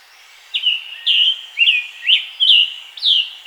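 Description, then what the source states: Scarlet tanager giving hoarse, burry, downslurred notes, about six in quick succession, each roughly half a second apart. Scarlet tanager singing in its environment, Pennsylvania.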